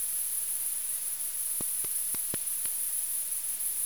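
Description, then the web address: Bat echolocation pulses: five sharp dry clicks spaced irregularly over about one second, set against a constant high-pitched electronic hiss. 21 August 2018, Bat Explorer detector. "Bat Explorer recordings 21-08-2018"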